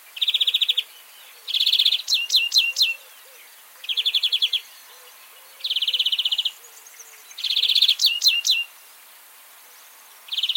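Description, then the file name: European greenfinch giving fast trills and sharp dropping chirps in turn, in short phrases separated by brief gaps. "Chloris chloris"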